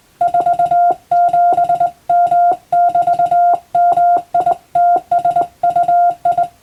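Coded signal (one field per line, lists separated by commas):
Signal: Morse code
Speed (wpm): 20 wpm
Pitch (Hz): 700 Hz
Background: none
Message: 47M<BT>MITSUI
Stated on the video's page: Morse reception practice for Japanese radiotelegraph operator exam, using European-language telegram practice texts.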